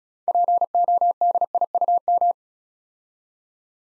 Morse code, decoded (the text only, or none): PODIUM